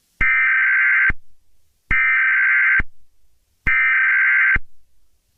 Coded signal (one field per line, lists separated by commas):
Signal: Emergency Alert System (SAME) tones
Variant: header bursts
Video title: The new emergency alert system voice test